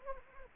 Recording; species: mosquito wingbeat signal from an infrared sensor; Anopheles arabiensis